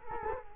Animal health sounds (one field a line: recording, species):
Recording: mosquito wingbeat signal from an infrared sensor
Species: Culex quinquefasciatus